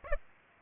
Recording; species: mosquito wingbeat signal from an infrared sensor; Aedes aegypti